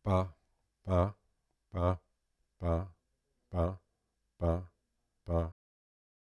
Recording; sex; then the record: repeated syllable /pa/; male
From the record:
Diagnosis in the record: Parkinson's disease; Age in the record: 65 years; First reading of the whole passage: 52 s, 9.9 characters per second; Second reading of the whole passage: 50 s, 10.3 characters per second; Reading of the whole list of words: 40 s, 7.0 characters per second